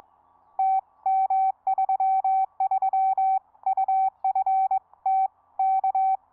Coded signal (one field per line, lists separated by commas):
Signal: Morse code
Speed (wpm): 22 wpm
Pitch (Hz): 770 Hz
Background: none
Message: TM33UFT K